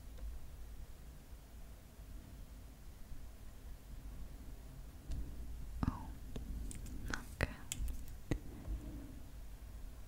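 Makeup being applied on a tablet: a quiet low rumble for five seconds, then scattered soft taps and brief brushing clicks near the end.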